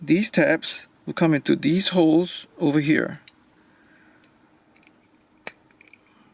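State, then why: Seated. Someone talks, then the plastic cab piece of a transforming robot toy is pushed down and back so its tabs go into matching holes in the body. A few faint ticks of handling follow, then a sharp click at 5.5 s as the tabs seat, followed by a few light clicks.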